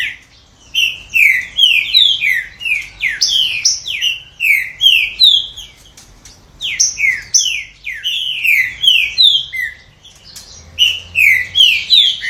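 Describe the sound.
Green-winged saltator song: loud phrases of slurred, downward whistled notes in rapid series, separated by short pauses; no other sounds stand out.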